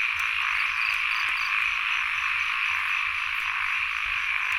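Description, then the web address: Frogs in a thick chorus, a constant high-pitched droning hum. Field recording, frogs and insects together, at Sen Monorom, Cambodia. "Ziklibrenbib Les Cartes Postales Sonores NOISE ON EARTH Vol 1 CAMBODIA Les Cartes Postales Sonores - 02-Insects Frogs of Sen Monorom"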